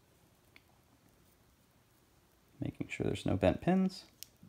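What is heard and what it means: A mechanical key switch is handled over the plate of a customMK Genesis keyboard, with a few faint, sharp ticks near 0.6 s and 4.2 s against quiet background noise. Someone talks through the second half of the clip. Nothing has seated or clicked into the plate yet.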